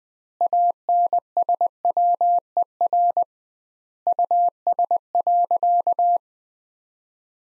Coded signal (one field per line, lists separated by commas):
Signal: Morse code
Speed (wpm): 20 wpm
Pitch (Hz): 700 Hz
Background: none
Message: ANSWER US.